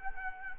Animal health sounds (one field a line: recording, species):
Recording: mosquito wingbeat signal from an infrared sensor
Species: Culex quinquefasciatus